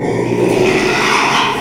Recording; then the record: squeal of a Yucatan mini pig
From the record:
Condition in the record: after surgery on the right vocal fold (resection and tissue-engineered implant); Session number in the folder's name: 1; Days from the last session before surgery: 6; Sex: male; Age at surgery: 12 weeks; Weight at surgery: 13 kg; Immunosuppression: cyclosporine, prednisolone